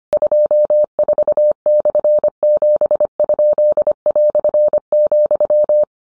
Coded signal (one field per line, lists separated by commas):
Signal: Morse code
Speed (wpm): 25 wpm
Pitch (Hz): 600 Hz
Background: none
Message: 24/7?",